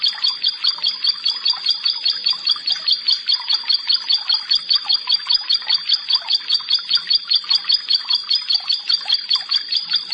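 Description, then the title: Bar-winged prinia, a shrill rhythmic chirp repeated without pause at a steady tempo of about two and a half per second. "Ciblek Sawah"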